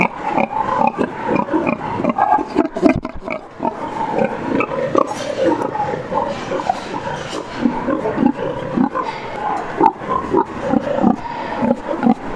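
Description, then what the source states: Pig grunting, a dense run of short, rough grunts continuing throughout with little pause. Boar; recorded as a sample for animal welfare research on pheromones.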